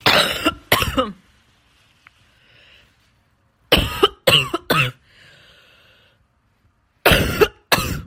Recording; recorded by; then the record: voluntary cough; messaging app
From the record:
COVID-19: negative